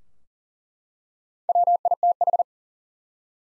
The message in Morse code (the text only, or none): WITH